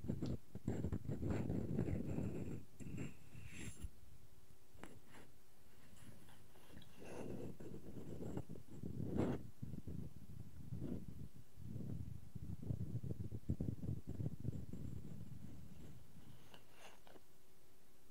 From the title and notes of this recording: ASMR No Talking Wooden Objects Tapping and Scratching.